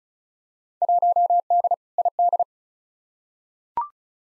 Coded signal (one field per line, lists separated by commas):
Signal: Morse code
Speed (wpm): 36 wpm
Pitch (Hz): 700 Hz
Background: none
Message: 1D ID